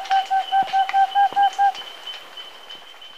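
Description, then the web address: Rufescent screech-owl delivers eight short, clipped hoots in quick even succession, then stops, leaving faint insect buzz and ticks. Recorded in Ecuador. "Birds of Ecuador. Rufescent Screech-Owl"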